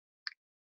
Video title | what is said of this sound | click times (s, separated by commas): Quarryside Chats: Eight Tower Adventure & Bouldering Park | I do that you hear a click it's locked in now this side is unlock | 0.3 s